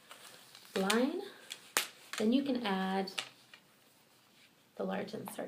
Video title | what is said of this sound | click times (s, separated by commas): Lil Helper Cloth Diapers AI2 Comparison With Best Bottoms & Imagine | your child's clothes you want to stack this you can snap it on the next line | 1.8 s